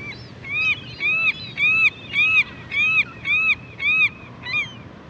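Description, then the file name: California gull calls: a steady series of loud, nasal, arched yelps, each rising then falling, over a low rumble. "dan gibsons solitudes california gull"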